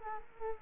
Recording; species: mosquito wingbeat signal from an infrared sensor; Culex quinquefasciatus